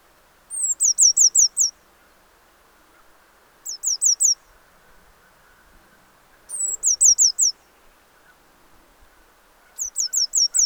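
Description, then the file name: Eurasian blue tit repeating bouts of rapid, high-pitched, downslurred notes, some introduced by a drawn-out thin whistle, spaced a few seconds apart. "Cyanistes caeruleus"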